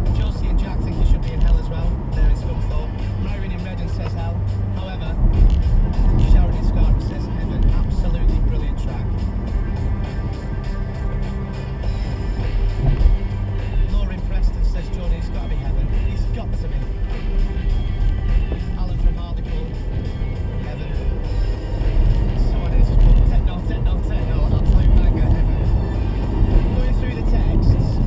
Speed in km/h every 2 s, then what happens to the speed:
76, 76, 74, 68, 63, 68, 58, 50, 37, 42, 55, 66, 71, 69.
4-7 brakes to 63. 11-16 brakes to 37. 16-23 speeds up to 71.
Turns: 14-18.